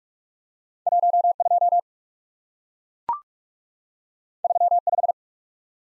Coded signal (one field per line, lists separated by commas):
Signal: Morse code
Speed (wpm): 44 wpm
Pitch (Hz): 700 Hz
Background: none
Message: 1 2 3 5